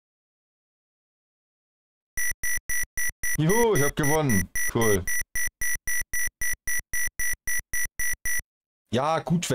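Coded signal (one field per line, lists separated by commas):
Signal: none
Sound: video game sound effects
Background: speech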